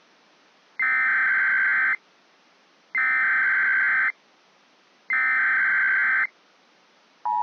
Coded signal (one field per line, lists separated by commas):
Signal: Emergency Alert System (SAME) tones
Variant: header bursts